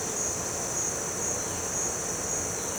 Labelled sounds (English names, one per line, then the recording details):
none
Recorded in pastures near Puerto Asís, Putumayo, Colombia, on 4 March 2025 at 17:30
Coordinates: 0.466, -76.322
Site CSA-02